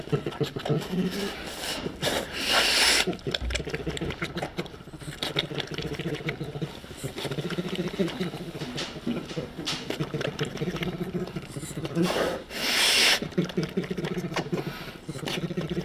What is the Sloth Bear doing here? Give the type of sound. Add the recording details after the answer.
call. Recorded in captivity. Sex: female. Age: adult. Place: Tierpark Berlin, Berlin, DE. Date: 1967-12-25 10:00. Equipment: R 20/1, Sennheiser MD 421. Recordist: Tembrock, Günter